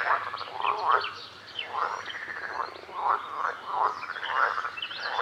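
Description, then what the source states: Frogs giving rattling pulsed croaks in repeated swelling and fading bursts, with a thin layer of higher chirping in the background. Recorded at a lake.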